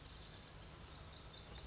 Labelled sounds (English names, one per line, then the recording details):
Pacific Wren
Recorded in Sonoma County, California